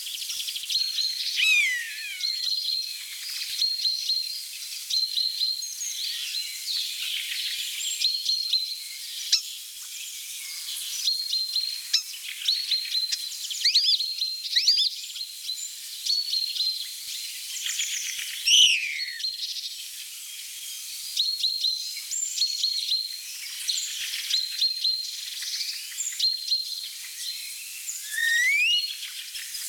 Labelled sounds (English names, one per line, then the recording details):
European Starling song
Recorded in the wild
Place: Oberrotweil am Kaiserstuhl, Baden-Württemberg, DE
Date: 1988-02-21
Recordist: Schwarz, Dieter